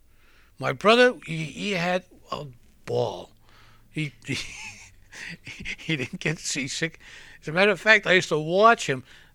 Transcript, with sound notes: My brother, he had a ball. (he laughs) He, he didn't get seasick. As a matter of fact I used to watch him.